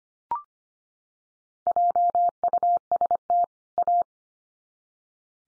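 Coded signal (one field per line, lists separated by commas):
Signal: Morse code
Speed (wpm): 25 wpm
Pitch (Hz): 700 Hz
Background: none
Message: JUST A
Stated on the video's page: Head-copy drill of common two-word groups sent at 25 wpm, each sent, then spoken, then sent again.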